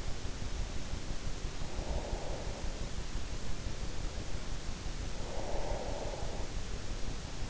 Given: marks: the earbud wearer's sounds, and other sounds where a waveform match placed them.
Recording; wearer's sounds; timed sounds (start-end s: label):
sounds in sleep by an in-ear microphone; breath
1.58-2.90 s: breath
5.03-6.52 s: breath